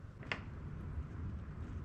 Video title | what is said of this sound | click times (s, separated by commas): How (not) to replace a failed BMW F22 2-Series taillamp assembly | push it in until you hear a little click and it's in all the way | 0.3 s